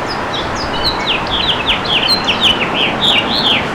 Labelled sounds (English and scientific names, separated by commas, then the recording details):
House Finch (Haemorhous mexicanus) song
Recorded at Merrick on Long Island, New York, on 17 May 2013
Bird D